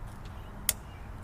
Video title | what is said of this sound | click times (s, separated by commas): Ryobi 2 cycle Gas Weed Eater Unboxing and First Use | Press the tab, and then you can turn this and it clicks into place, which is pretty cool. | 0.7 s